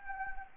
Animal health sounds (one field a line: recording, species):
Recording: mosquito wingbeat signal from an infrared sensor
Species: Anopheles gambiae